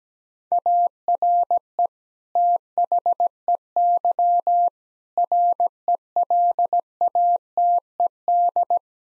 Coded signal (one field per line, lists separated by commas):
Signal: Morse code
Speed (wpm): 17 wpm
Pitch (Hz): 700 Hz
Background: none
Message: ARE THEY RELATED